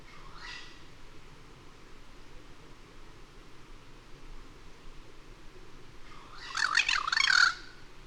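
Bird giving a faint short rasp, then after a long pause a loud, harsh, buzzing squawk with wavering pitch, over low constant hiss.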